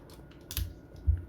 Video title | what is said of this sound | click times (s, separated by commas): Nikon D3500 Unboxing 2021, Best Budget DSLR. For Astronomy Video | click until you hear the clip obviously it's in | 0.5 s, 0.6 s